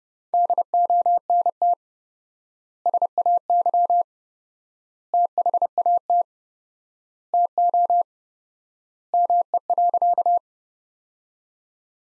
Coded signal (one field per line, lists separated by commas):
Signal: Morse code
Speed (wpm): 30 wpm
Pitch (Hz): 700 Hz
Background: none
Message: DONT SAY THAT TO ME.